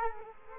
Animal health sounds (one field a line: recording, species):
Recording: mosquito wingbeat signal from an infrared sensor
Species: Culex quinquefasciatus